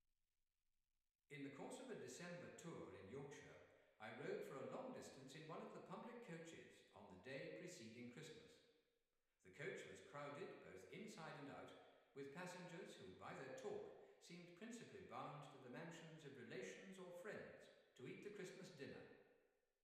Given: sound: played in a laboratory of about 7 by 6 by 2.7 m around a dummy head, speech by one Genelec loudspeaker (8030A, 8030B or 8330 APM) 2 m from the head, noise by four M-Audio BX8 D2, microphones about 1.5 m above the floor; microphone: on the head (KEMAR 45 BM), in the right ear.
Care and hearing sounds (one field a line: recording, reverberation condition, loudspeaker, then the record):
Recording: male speech in English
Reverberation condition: high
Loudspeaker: 120 degrees to the right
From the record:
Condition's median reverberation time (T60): about 1300 ms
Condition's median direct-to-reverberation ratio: about -4.0 dB